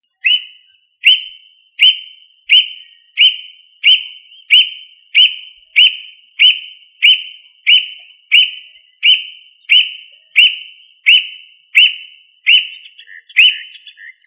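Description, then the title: Bird song made of a single sharp, high whistled note repeated steadily about every two-thirds of a second, some twenty times, turning slightly more varied at the end. "LuckyPassaro Completos2Sama"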